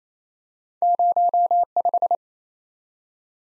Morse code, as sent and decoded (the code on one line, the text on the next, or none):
----- .....
05